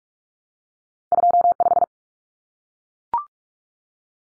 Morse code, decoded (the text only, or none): 25